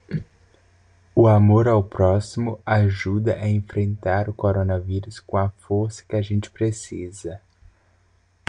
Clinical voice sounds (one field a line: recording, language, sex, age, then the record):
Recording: spoken sentence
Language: Brazilian Portuguese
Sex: male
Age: 20 to 29 years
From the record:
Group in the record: control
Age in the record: 23 years